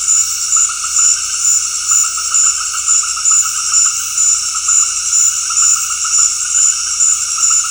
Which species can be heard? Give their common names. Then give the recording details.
none. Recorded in dense forest near Puerto Asís, Putumayo, Colombia, on 19 February 2024 at 19:00. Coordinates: 0.485, -76.318. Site G6408